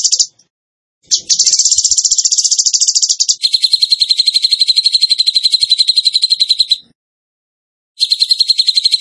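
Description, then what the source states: Bird song of dense, high buzzy trills. A short note is followed by a pause, then a long harsh trill shifts into a steadier pulsed one, then another pause and trill. Masteran training recording in the tembakan gacor style.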